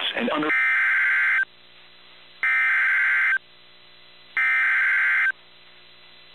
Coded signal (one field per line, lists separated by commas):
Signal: Emergency Alert System (SAME) tones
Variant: header bursts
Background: speech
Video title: (EXTREMELY RARE) PDS Flash Flood Emergency on WXJ41 Hartford, Connecticut (9/11/2023) (EAS #89)